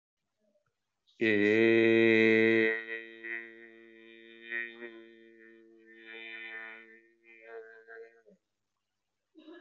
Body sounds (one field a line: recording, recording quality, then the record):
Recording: sustained vowel as in made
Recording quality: excellent, no background noise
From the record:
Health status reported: healthy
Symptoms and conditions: none ticked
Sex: male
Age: 42 years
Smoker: not ticked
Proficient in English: yes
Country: India